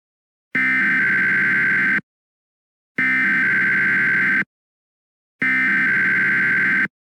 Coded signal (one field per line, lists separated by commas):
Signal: Emergency Alert System (SAME) tones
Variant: header bursts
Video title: COLLAB #11 + A SHELTER IN-PLACE WARNING... (EAS ALERTS 4163-4169 FROM 01/15/23-01/16/23)